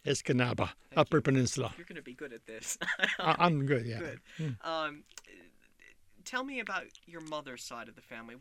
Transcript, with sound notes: Escanaba, upper peninsula.
You're going to be good at this. (he laughs)
I'm good, yeah.
Good. Tell me about your mother's side of the family.